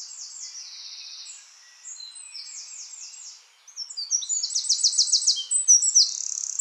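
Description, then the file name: Eurasian wren song, softer high twittering notes at first, then louder, faster piercing notes and a rapid rattling trill building toward the end. "Troglodytes troglodytes"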